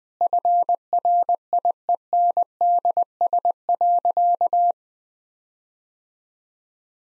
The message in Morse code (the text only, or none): FRIENDS.